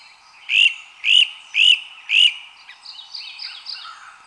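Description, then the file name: Mourning warbler song: four loud, slurred rising-and-falling notes about half a second apart, followed by a softer jumbled phrase. Recorded 25 May 2015 at 6:58 am. "MOWA-5-25-2015-6-58 am"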